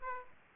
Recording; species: mosquito wingbeat signal from an infrared sensor; Aedes aegypti